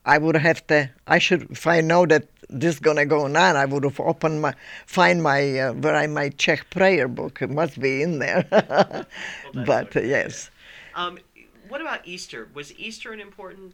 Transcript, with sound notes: I would have to, I should, if I know that this going to go on I would have opened my, find my, find my Czech prayer book. It must be in there. (she laughs)
Well, that's okay.
But, yes.
What about Easter? Was Easter an important...